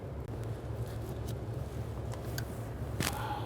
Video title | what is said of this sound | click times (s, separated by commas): How to Replace Front Shock & Spring Assemblies 2007-2014 Cadillac Escalade | And push it on until both tabs lock into place. | 3.0 s, 3.1 s